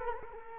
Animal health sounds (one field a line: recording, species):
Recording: mosquito wingbeat signal from an infrared sensor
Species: Culex quinquefasciatus